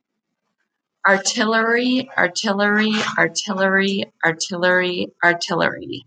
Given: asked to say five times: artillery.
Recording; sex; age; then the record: repeated word; female; 30 to 39 years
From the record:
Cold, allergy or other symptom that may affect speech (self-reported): no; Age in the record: 34 years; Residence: Wisconsin, United States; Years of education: 16